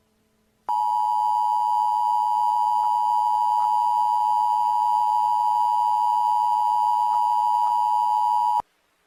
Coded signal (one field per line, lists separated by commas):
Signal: Emergency Alert System (SAME) tones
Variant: 853 and 960 Hz attention tone